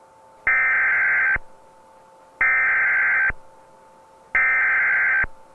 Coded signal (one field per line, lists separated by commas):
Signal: Emergency Alert System (SAME) tones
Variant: header bursts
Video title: EAS Scenario // The Dark Watchers //